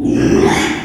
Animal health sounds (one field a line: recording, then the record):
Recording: squeal of a Yucatan mini pig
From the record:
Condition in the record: after surgery on the right vocal fold (resection and tissue-engineered implant)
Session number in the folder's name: 3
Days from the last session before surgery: 33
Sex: male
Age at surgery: 12 weeks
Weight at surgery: 13 kg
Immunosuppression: cyclosporine, prednisolone